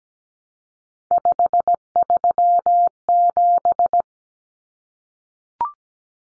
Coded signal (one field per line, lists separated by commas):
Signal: Morse code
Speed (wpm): 17 wpm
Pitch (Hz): 700 Hz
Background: none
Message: 537